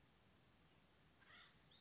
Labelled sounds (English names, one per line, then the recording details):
Acorn Woodpecker
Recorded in Sonoma County, California